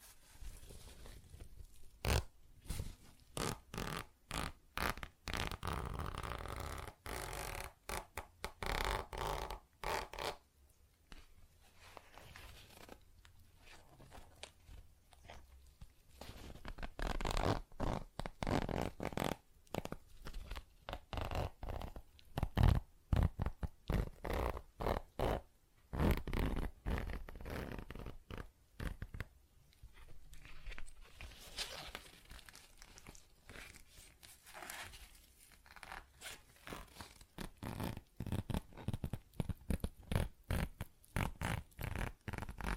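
Tapping, scratching and zipper sounds, made of dense bursts of sharp clicks and rasping strokes. The action comes in rapid runs with short pauses, busiest around ten to thirty seconds, including a loud snap near twenty-three seconds.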